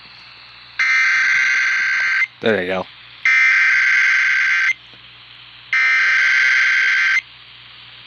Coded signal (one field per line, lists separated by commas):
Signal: Emergency Alert System (SAME) tones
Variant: header bursts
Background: speech